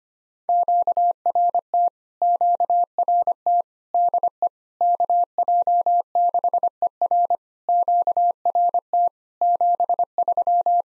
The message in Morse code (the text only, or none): QRT QRT DE KJ6ER QRT 73